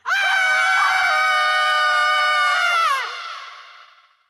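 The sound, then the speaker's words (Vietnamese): A group of people scream together in one loud, sustained, high-pitched shout that holds steady for about three seconds, then trails off and fades. “Tất cả mọi người đều đồng thanh hét lên khi nghe thấy Phúc Lé đang tự ăn chính phần của mình.”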